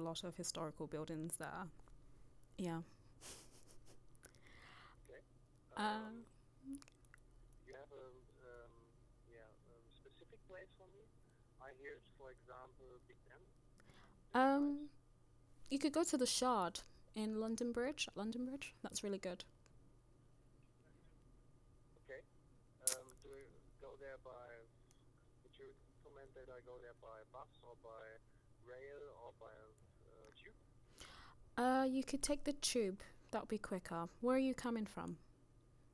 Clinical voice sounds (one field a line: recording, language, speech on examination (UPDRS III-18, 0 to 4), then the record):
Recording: conversation on a phone call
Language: English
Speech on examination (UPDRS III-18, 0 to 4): 0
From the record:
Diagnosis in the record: healthy control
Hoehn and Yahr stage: 0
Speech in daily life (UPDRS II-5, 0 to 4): 0